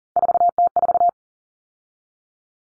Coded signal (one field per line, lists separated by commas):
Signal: Morse code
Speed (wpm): 40 wpm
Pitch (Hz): 700 Hz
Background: none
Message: 4T4